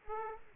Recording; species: mosquito wingbeat signal from an infrared sensor; Aedes aegypti